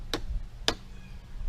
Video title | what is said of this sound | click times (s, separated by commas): Polaris Slingshot Brake Light Troubleshooting | you're gonna have to go up underneath here a little bit and kind of pry up you're gonna hear some snapping | 0.1 s, 0.7 s